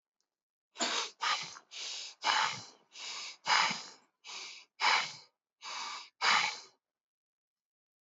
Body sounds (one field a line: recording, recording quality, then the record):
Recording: shallow breathing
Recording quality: excellent, no background noise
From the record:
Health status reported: exposed to COVID-19, no respiratory illness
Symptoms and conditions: none ticked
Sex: male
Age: 30 years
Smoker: yes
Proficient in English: yes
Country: India